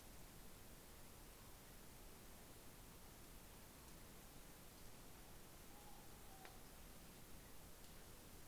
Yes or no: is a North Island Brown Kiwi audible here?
no